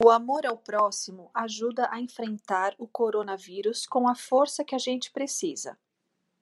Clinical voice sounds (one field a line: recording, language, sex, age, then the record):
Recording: spoken sentence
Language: Brazilian Portuguese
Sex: female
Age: 40 to 49 years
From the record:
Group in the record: control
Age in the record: 43 years